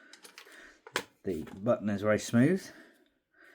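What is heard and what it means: The stock release button on a VFC AK74M gas blowback airsoft AK replica is worked while its folding metal stock is swung toward its lock on the receiver, with light handling sounds in the first second and a sharper one near 1.0 s before someone talks. The clip ends before the stock goes home, so nothing has seated or clicked yet.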